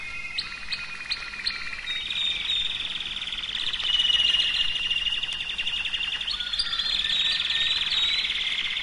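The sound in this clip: Canary singing continuous fast trills, opening with a few sharp chips, then long buzzy rolls that change speed and pitch in steps across the stretch.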